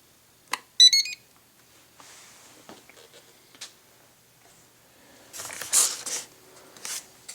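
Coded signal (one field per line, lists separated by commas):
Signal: beep code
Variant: Spektrum DX5e transmitter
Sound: a quick run of short electronic beeps stepping up in pitch, then handling noises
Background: handling clicks and rustling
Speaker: and there you heard the last three beeps that means everything is connected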